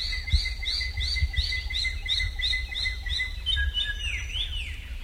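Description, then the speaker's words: Wallacean drongo giving an evenly repeated series of ringing, arched notes about two and a half per second, shifting to varied higher notes near the end over a low rumbling background. Called sisisia in Manggarai; forests around Wai Rebo; the call often precedes monkey troops emerging to steal corn, and farmers then send dogs toward the drongos. "The drongo's sisisia call often comes just before troops of monkeys emerge from the forest to steal corn."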